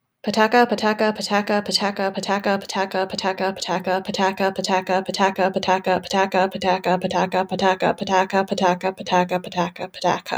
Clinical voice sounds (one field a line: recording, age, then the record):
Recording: repeated syllables /pa ta ka/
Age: 20 to 29 years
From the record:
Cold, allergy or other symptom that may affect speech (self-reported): no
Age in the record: 26 years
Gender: other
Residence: Massachusetts, United States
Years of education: 16